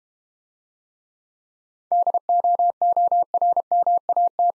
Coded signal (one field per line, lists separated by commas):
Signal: Morse code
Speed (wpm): 32 wpm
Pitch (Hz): 700 Hz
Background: none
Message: DOORMAT